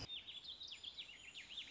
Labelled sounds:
Warbling Vireo (Vireo gilvus)
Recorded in Sonoma County, California

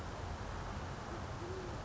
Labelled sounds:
Band-tailed Pigeon (Patagioenas fasciata)
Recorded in Sonoma County, California

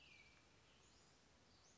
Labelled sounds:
Western Flycatcher (Empidonax difficilis)
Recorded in Sonoma County, California

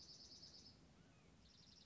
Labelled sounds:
Dark-eyed Junco (Junco hyemalis)
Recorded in Sonoma County, California

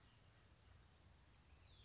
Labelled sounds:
California Towhee (Melozone crissalis)
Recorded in Sonoma County, California

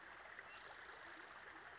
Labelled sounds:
Spotted Towhee (Pipilo maculatus)
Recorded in Sonoma County, California

